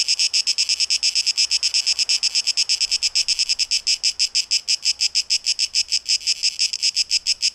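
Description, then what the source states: Cicada song, a sharp high buzz chopped into clear, rapid, even pulses, unbroken. Cicadas on 12 August 2023.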